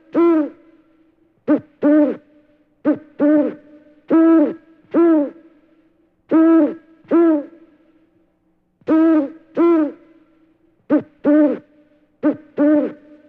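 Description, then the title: Owl giving a series of hoots, some short and clipped, others fuller and arched, often in pairs, with quiet gaps between. "Owl Hooting"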